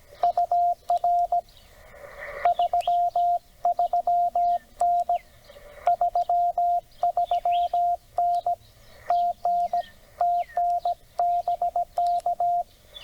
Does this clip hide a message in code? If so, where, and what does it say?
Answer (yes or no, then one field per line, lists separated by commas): yes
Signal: Morse code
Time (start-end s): 0.2-12.6 s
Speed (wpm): 17 wpm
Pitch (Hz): 700 Hz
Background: none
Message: UR 33N 33N TN TN BK